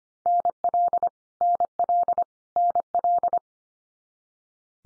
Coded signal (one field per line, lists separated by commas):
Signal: Morse code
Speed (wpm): 25 wpm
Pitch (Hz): 700 Hz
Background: none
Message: NL NL NL